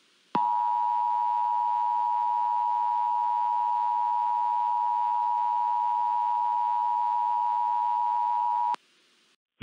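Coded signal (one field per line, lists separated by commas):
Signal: Emergency Alert System (SAME) tones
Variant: 853 and 960 Hz attention tone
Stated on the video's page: Fictional EAS scenario, a simulated fire storm alert.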